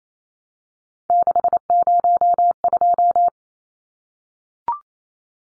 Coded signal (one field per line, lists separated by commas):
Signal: Morse code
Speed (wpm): 28 wpm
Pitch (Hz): 700 Hz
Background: none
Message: 602